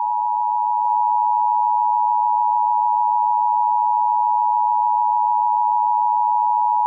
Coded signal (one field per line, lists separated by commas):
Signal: Emergency Alert System (SAME) tones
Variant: 853 and 960 Hz attention tone